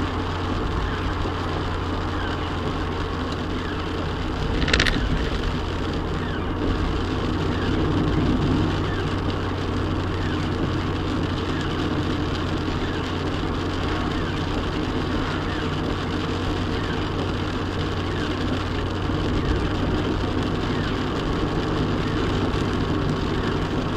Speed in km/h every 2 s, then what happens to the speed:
52, 50, 48, 52, 53, 53, 52, 52, 53, 53, 56, 55.
0-24 steady at about 52.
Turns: none.